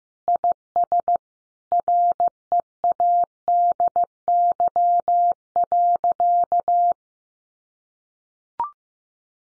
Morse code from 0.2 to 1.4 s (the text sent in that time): IS